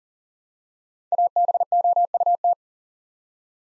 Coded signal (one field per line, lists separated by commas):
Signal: Morse code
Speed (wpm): 39 wpm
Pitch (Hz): 700 Hz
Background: none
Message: ABOUT